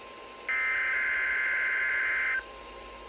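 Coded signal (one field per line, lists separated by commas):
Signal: Emergency Alert System (SAME) tones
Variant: header bursts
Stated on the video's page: Required Weekly Test from weather radio station KDO89.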